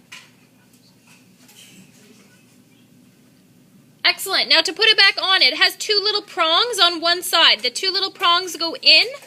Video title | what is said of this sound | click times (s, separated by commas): Parts of the sewing machine | Your cover plate will pop off, and I want you just to hold it up so that I can see it. | 0.1 s